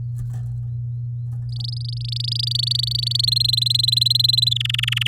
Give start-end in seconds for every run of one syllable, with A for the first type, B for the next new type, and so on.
1.49-3.25 A, 3.27-4.53 B, 4.56-5.07 C